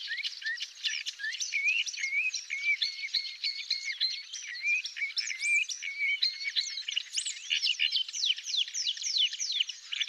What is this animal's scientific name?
Acrocephalus agricola